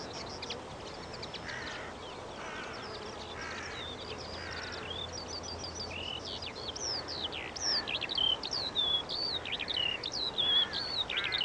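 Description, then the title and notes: Eurasian skylark song, high rising and falling whistled phrases that grow louder toward the end, over soft lower calls and a background hiss. Singing while descending, late summer evening, Eggardon Hill hillfort, Dorset. "Eggardon Hill, Dorset. A Skylark sings and descends. Recorded by Ezra Gray"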